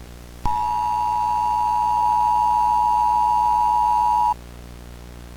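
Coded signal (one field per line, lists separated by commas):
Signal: Emergency Alert System (SAME) tones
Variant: 853 and 960 Hz attention tone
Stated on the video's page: Fictional fan-made scenario alert.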